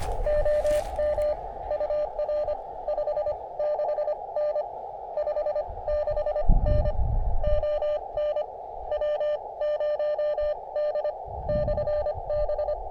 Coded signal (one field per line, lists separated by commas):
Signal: Morse code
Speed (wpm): 25 wpm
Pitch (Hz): 600 Hz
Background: radio noise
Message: OM UR 56N 56N ON W0D/B